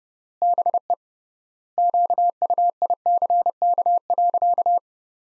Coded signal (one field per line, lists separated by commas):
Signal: Morse code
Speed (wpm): 30 wpm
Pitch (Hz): 700 Hz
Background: none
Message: BE QUICK.